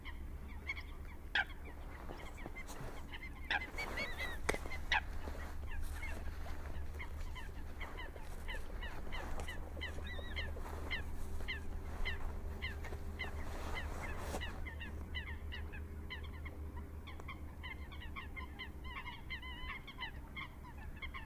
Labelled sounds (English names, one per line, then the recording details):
Eurasian Coot
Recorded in the wild
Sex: diverse
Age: adult
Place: Kützerhof, Kummerower See, Mecklenburg-Vorpommern, DE
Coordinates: 53.8525, 12.8719
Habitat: wetland
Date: 2011-04-18 23:42
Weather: clear, full moon, 10°C, weak northerly winds
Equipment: Sound Devices 702, Sennheiser MKH 70, Rycote Windschutz
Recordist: Frommolt, Karl-Heinz